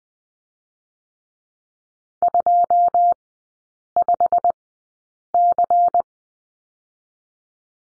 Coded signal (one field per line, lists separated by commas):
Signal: Morse code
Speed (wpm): 20 wpm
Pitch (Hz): 700 Hz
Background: none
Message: 25C